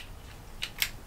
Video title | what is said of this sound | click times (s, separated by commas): COPIE DE BEYBLADE ? NUL OU INTÉRESSANT ?? test infinity nado et battle spin | hop là, on entend un clips et ça tient. | 0.8 s